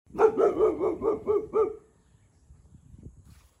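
Boxer dog barking several times in quick succession, followed by quiet with faint low sounds.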